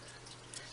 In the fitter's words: just pull on these two little wings until you hear a click and so